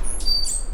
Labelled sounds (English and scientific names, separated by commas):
Stitchbird (Notiomystis cincta) song